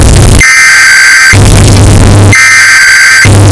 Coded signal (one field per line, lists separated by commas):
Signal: Emergency Alert System (SAME) tones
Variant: header bursts